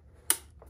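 A plastic lid is guided back onto the fuse/relay box cover of an Indian FTR 1200 motorcycle during work for safety recall I-19-05-B (faulty circuit breakers). The first of its clips snaps home with a sharp, bright click at 0.3 s, followed by a faint softer tick around 0.6 s over a low steady hum. The clip is seated.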